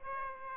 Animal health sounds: mosquito wingbeat signal from an infrared sensor; Aedes aegypti

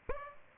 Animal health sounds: mosquito wingbeat signal from an infrared sensor; Aedes aegypti

